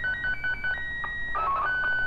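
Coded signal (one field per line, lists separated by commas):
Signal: SSTV (slow-scan television)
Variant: Scottie 2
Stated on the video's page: CubeSatSim AMSAT CubeSat simulator during assembly testing.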